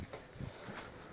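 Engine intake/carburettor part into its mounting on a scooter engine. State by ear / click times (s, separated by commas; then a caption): not seated / none. An engine intake/carburettor part is pressed by hand into its mounting on a scooter engine while parts are being refitted around a larger carburettor. A short sharp handling knock is heard at 0.1 s, followed by low rustling and contact noises. Nothing has seated or clicked yet; the clip ends before the part goes home.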